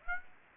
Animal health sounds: mosquito wingbeat signal from an infrared sensor; Aedes aegypti

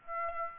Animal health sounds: mosquito wingbeat signal from an infrared sensor; Aedes aegypti

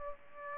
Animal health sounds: mosquito wingbeat signal from an infrared sensor; Aedes aegypti

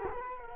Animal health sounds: mosquito wingbeat signal from an infrared sensor; Culex quinquefasciatus

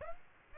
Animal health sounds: mosquito wingbeat signal from an infrared sensor; Aedes aegypti

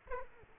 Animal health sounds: mosquito wingbeat signal from an infrared sensor; Aedes aegypti

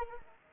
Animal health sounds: mosquito wingbeat signal from an infrared sensor; Anopheles arabiensis

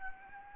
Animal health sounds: mosquito wingbeat signal from an infrared sensor; Anopheles gambiae

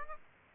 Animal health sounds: mosquito wingbeat signal from an infrared sensor; Aedes aegypti

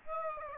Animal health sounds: mosquito wingbeat signal from an infrared sensor; Aedes aegypti

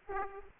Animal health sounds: mosquito wingbeat signal from an infrared sensor; Aedes aegypti

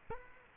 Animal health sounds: mosquito wingbeat signal from an infrared sensor; Culex quinquefasciatus

